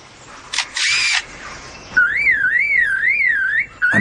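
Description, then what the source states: Lyrebird mimicking a car alarm: a clear whistled tone warbling steadily up and down in a regular wave, preceded by short shutter-like bursts of noise. Mimicry of a car alarm by a male, from a wildlife documentary; it copies many bird songs and man-made sounds to show off for potential mates.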